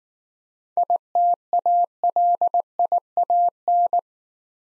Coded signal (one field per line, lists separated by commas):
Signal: Morse code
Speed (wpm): 19 wpm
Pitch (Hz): 700 Hz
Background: none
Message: ITALIAN